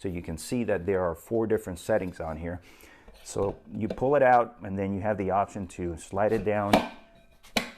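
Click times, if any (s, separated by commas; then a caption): 7.6 s. Someone talks while pulling the spring pin on the adjustable ankle-roller post of a Freak Athlete Nordic Mini Nordic curl bench, which has four height settings, and sliding the metal post down into the bench frame. At 7.6 s a sharp metallic hit is heard as the post locks into its new height setting, seated.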